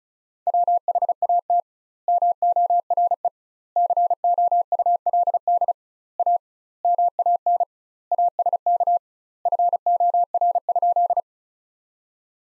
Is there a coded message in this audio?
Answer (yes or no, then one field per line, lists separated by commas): yes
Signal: Morse code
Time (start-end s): 0.5-11.2 s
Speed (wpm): 34 wpm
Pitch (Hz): 700 Hz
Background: none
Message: WHAT MORE COULD A MAN ASK FOR?